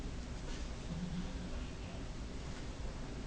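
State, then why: Not seated. A steel firing pin stop plate, which had been cocked, is squared up and handled at a pistol slide before being pushed down into it. Only faint, steady handling rustle over a low background hum is heard, with no distinct click. Nothing has seated or clicked yet.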